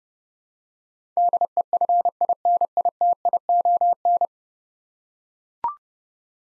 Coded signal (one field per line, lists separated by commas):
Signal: Morse code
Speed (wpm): 30 wpm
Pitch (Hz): 700 Hz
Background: none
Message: DEFINITION